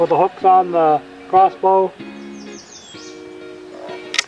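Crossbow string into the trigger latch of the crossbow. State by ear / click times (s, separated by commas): seated / 4.2 s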